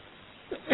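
A single sneeze: a short breathy intake followed by a sharper, louder burst of noise, over in under a second with quiet before it.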